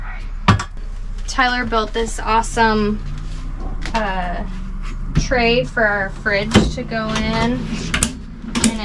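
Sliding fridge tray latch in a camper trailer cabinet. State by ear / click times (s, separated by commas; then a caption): seated / 8.6 s. A homemade sliding tray holding a small chest fridge is pushed into a camper trailer cabinet while someone talks. Its latch engages with two sharp clicks at 8.6 s, locking the tray into place. A brief sharp sound is also heard at 0.5 s.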